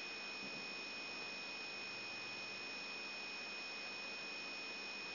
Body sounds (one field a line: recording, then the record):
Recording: brain microelectrode recording played as sound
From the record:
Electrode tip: outside the subthalamic nucleus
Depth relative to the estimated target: -4 mm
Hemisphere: right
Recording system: AlphaMap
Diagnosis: Parkinson's disease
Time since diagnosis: 14 years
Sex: male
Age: 66 years